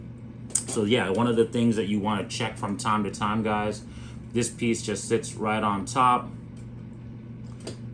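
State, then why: Seated. During maintenance of a First Strike T15 magfed paintball marker, a small internal piece that sits on top is pressed down until it snaps back into its seat in the body. Someone talks for most of the clip, then a short, sharp click is heard at 7.7 s as the piece seats in place.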